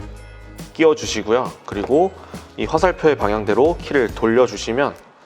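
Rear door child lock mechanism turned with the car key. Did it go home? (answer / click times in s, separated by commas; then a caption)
no / none. A car key is fitted into the child-lock slot on the edge of a rear car door and turned in the direction of the arrow while someone talks over background music. The clip ends before the lock clicks into the locked position; nothing has seated or clicked yet.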